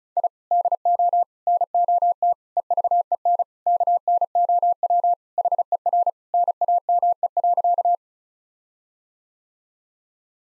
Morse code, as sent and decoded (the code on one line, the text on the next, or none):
.. / -.. --- / -. --- - / . ...- . -. / -.- -. --- .-- / .... . .-. / -. .- -- . .-.-.-
I DO NOT EVEN KNOW HER NAME.